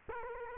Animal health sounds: mosquito wingbeat signal from an infrared sensor; Culex quinquefasciatus

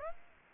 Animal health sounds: mosquito wingbeat signal from an infrared sensor; Aedes aegypti

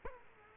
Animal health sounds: mosquito wingbeat signal from an infrared sensor; Culex quinquefasciatus

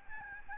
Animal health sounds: mosquito wingbeat signal from an infrared sensor; Aedes albopictus

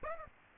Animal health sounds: mosquito wingbeat signal from an infrared sensor; Aedes aegypti

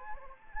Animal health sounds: mosquito wingbeat signal from an infrared sensor; Anopheles arabiensis

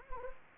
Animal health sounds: mosquito wingbeat signal from an infrared sensor; Anopheles gambiae

